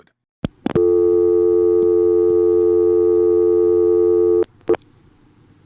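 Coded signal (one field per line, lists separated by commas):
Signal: telephone call progress tone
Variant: North America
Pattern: dial tone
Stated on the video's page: Recorded in August 1976 from a No. 1 ESS exchange in Allentown, PA, including coin zone, with some 1974 Long Island recordings.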